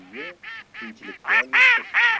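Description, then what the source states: Mallard giving a short run of raspy quacks, the later ones louder and fuller. Mallard calls on a Plurifon mini chip 'Russia 20', made for an electronic decoy caller.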